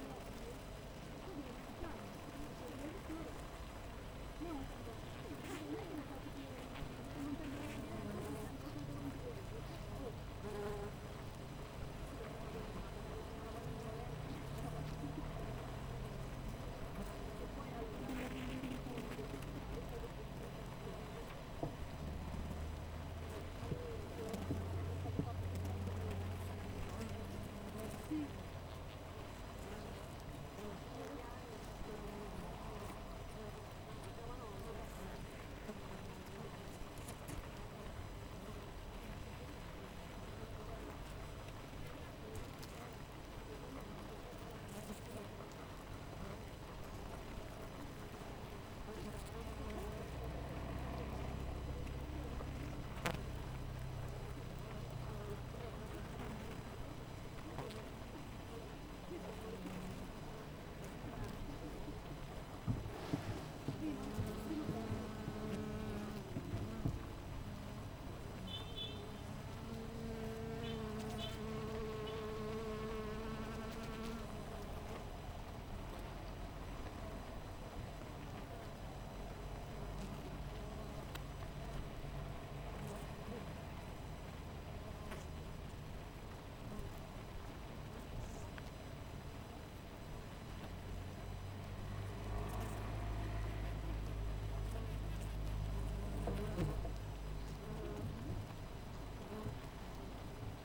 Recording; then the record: honeybee colony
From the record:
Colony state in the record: missing queen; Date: 14 July 2017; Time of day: 7:11